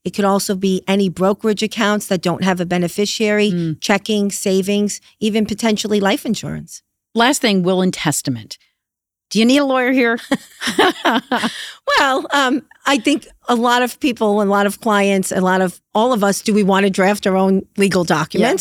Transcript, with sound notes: It could also be any brokerage accounts that don't have a beneficiary-- checking, savings, even potentially life insurance.
Last thing, will and testament-- do you need a lawyer here?
[LAUGHTER] Well, I think a lot of people a lot of clients, a lot of-- all of us, do we want to draft our own legal documents?